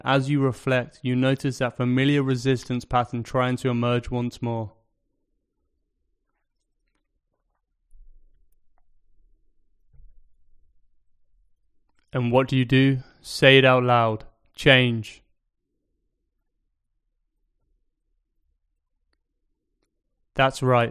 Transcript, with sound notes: As you reflect, you notice that familiar resistance pattern trying to emerge once more. [Pause 10 seconds] And what do you do? Say it out loud: "Change!" [Pause 5 seconds] That's right.